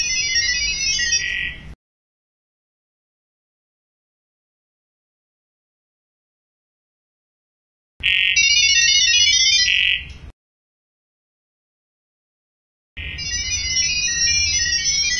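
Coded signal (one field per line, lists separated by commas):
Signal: data over sound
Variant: ggwave (Gibberlink)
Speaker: let's go ahead and check two models talking to one another in sound level protocol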